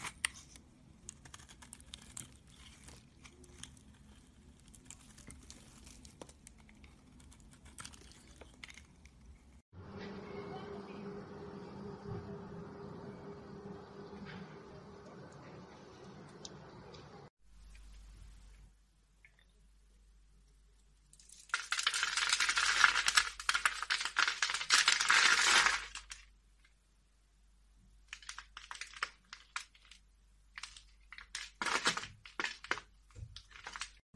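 Soap carving, heard as a run of small scraping and clicking sounds. A steadier low hum fills the middle stretch from about 10 to 17 seconds. From about 21 to 26 seconds a loud, dense burst of bright scratching takes over, followed by scattered sharp scrapes until the end.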